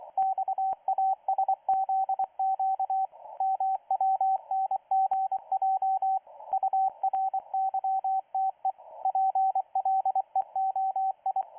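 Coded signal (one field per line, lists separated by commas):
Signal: Morse code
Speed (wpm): 24 wpm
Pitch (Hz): 770 Hz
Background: radio noise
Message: XASZQ MWNGJ URYTE PLEOI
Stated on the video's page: Russian military signal that is counting down.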